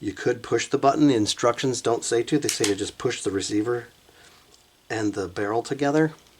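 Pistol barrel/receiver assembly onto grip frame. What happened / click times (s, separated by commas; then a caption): Parts handled, not yet seated; no latching click / none. Someone talks while handling a Ruger Mark IV pistol, pushing the barrel/receiver assembly together with the grip frame for a second reassembly. The talking pauses briefly near the middle and then continues. The assembly has not seated or clicked yet.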